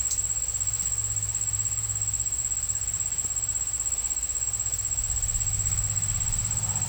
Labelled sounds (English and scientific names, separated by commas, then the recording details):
none
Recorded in pastures near Puerto Asís, Putumayo, Colombia, on 9 March 2025 at 16:00
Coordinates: 0.497, -76.327
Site G072